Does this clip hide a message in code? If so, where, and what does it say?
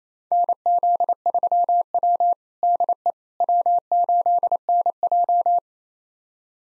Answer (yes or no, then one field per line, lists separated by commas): yes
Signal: Morse code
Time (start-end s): 0.3-5.6 s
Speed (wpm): 28 wpm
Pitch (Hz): 700 Hz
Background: none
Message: NZ3W DE W8NJ